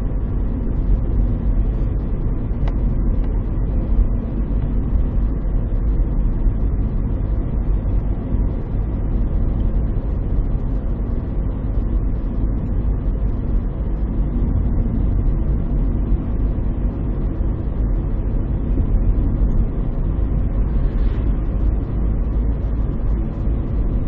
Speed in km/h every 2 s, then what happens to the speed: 55, 56, 56, 57, 57, 56, 56, 57, 57, 58, 59, 59.
0-24 steady at about 57.